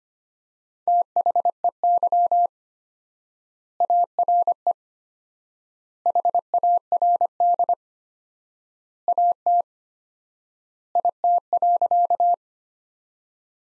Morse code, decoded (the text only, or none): THEY ARE HARD AT IT.